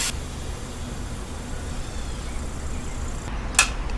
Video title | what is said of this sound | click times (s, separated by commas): 7 Min. Pressure Cooker Chicken Noodle Soup | hear that little click that was the safety lock releasing and it won't release until all the pressures out | 3.6 s